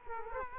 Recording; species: mosquito wingbeat signal from an infrared sensor; Culex quinquefasciatus